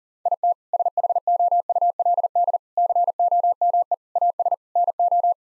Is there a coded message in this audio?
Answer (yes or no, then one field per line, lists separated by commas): yes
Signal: Morse code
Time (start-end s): 0.3-5.3 s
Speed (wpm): 37 wpm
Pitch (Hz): 700 Hz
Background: none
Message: IT SHOULD COME AS NO